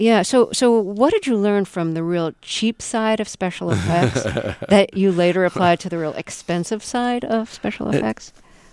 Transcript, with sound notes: So, what did you learn from the real cheap side of special effects... (Soundbite of laughter) ...that you later applied to the real expensive side of special effects?